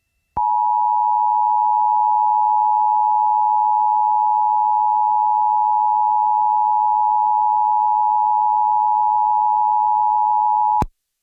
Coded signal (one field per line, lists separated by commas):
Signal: Emergency Alert System (SAME) tones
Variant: 853 and 960 Hz attention tone